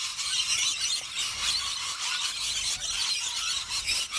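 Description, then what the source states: Rainbow lorikeets screeching: a dense, continuous chatter of harsh, high shrieks, unbroken throughout. Played on radio; the birds devour hundreds of thousands of dollars worth of fruit every year.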